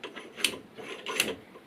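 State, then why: Partly seated. A fork slider bushing on a Honda Shadow motorcycle is tapped down into the fork slider with a seal driver on the fork tube. Two sharp metallic taps land at 0.4 s and 1.2 s over low sliding and rubbing noise. A small gap remains afterward, so the bushing is not fully driven home and is not yet seated.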